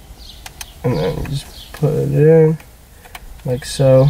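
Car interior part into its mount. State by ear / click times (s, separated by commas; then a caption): not seated / none. A car interior trim piece imported from Japan is lined up and pressed by hand into its mount, with two sharp taps near 0.5 and 0.6 seconds while someone talks. Nothing has seated or clicked into place yet; the part is still being handled.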